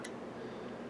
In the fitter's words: okay so there it is locked in just fine